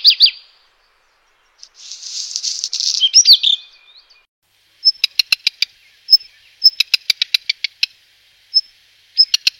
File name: Canto do rabirruivo preto